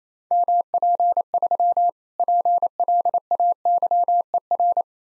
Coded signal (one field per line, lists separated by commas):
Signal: Morse code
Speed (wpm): 28 wpm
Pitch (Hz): 700 Hz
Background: none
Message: MP3 PLAYER